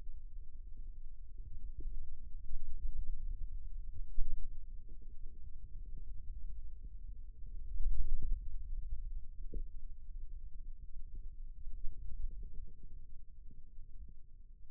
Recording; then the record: forearm muscle sounds (acoustic myography)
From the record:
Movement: ulnar deviation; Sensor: system 2, bracelet of six BSWA MPA416 microphones around the upper forearm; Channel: 2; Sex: male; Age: 22 years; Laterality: right